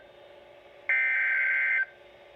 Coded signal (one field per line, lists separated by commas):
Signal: Emergency Alert System (SAME) tones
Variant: header bursts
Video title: Severe Thunderstorm Watch #266 On WXL40 6/13/21 (EAS #663)